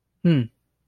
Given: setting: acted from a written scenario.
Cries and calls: vocal sound without words; neutral

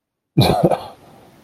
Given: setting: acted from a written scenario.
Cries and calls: vocal sound without words; amusement

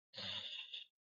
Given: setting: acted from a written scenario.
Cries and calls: vocal sound without words; distress

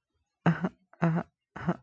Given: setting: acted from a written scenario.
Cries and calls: vocal sound without words; embarrassment

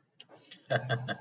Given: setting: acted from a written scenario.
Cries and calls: vocal sound without words; amusement

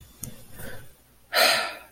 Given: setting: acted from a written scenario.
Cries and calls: vocal sound without words; awe

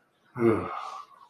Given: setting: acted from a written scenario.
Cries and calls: vocal sound without words; serenity

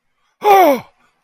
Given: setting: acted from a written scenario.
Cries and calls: vocal sound without words; distress

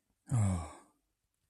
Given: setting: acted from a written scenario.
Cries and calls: vocal sound without words; contempt

